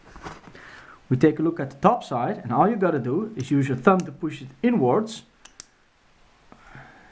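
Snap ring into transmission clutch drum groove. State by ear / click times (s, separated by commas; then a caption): seated / 5.5 s, 5.6 s. Someone talks while the top side of a steel snap ring is pushed inward with a thumb into the groove of a 5HP18 transmission C1 clutch drum. Two short, sharp clicks are heard at 5.5 s and 5.6 s. The snap ring snaps home and sits seated behind every tooth of the clutch drum.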